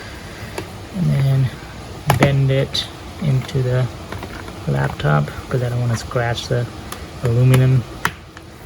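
A snap-on plastic shell case is bent onto a 2020 Apple MacBook Pro's aluminum body after its top has been slid in first, with the case bent in so it won't scratch the aluminum. Someone talks throughout. Sharp snaps ring out at 8.1 s and 8.4 s as the case corner snaps into place, seated.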